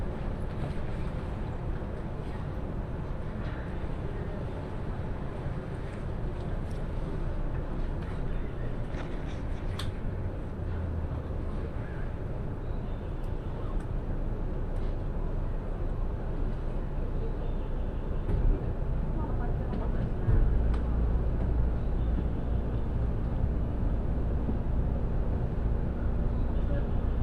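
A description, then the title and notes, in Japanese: A steady low rumble fills the inside of a moving train, dense and continuous for the whole stretch. Faint voices murmur in the background, with occasional light clicks and rattles. Around the twenty-second mark a deeper hum swells slightly louder. 鉄道旅 あおなみ線・東山線 金城ふ頭→荒子・高畑→名古屋。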